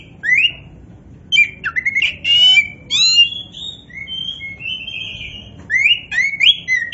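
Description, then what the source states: Oriental magpie-robin singing a varied medley of clear whistles, slurred notes and short buzzy trills in several bursts. Oriental magpie-robin (kacer), poci form, singing vigorously (gacor).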